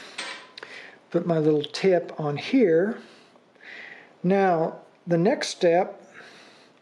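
A small plastic applicator tip is handled on the liquid bottle of a plastic repair kit while someone talks, with a few brief, faint handling ticks near 0.6 s. The tip has not yet snapped or seated on the bottle by the end of the clip.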